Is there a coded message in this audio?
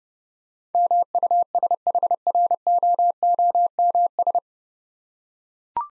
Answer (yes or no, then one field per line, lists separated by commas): yes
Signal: Morse code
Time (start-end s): 0.7-4.4 s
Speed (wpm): 30 wpm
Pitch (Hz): 700 Hz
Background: none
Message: MUSHROOMS